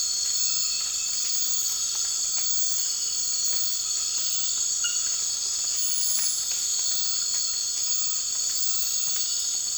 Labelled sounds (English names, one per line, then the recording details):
none
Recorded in dense forest near Puerto Asís, Putumayo, Colombia, on 12 March 2025 at 02:00
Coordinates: 0.484, -76.317
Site G064